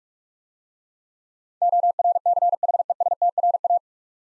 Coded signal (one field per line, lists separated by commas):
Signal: Morse code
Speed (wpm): 44 wpm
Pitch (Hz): 700 Hz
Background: none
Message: ORCHESTRA